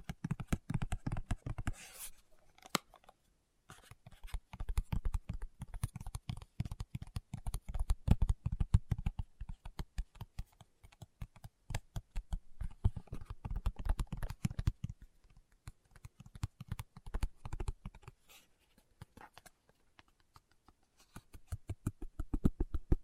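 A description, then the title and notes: Fingertips tap rapidly in dense, uneven bursts, each a sharp click with a soft low thud beneath. The tapping runs in flurries separated by short pauses, near 2, 15 and 20 seconds, then picks up again at the end. ASMR Tapping with Fingertips (No Talking).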